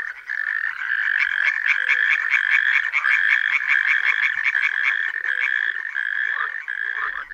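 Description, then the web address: Frogs croaking in chorus, dense rapid pulsed calls overlapping steadily, a brief quieter moment at the start before the full chorus. Frog concert (chorus) recorded in a forest. "Przyroda Tajemnice puszczy Koncert zab"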